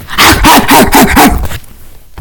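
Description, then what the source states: Dog barking, five quick sharp barks in a rapid run over about a second and a half, then quiet. Random barking.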